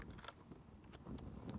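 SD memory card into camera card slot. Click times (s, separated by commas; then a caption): 0.9 s. An SD memory card is pushed into the memory card slot of a Sony FS700 camera with its gold contacts facing out. Faint handling taps are heard, then a sharp click at 0.9 s as the card seats in place, followed by a few more small taps. The card is confirmed clicked into position.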